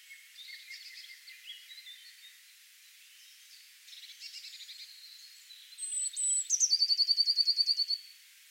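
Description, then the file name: Eurasian blue tit: scratchy, buzzy chattering notes in bursts, a thin high whistle, then a rapid, even trill of about fifteen bright notes lasting over a second. "Cyanistes caeruleus"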